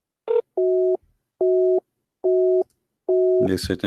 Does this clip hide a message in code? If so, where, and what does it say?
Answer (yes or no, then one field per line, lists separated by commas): no